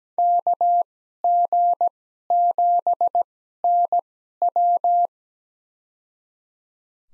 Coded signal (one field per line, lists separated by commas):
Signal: Morse code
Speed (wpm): 17 wpm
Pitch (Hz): 700 Hz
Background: none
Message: KG7NW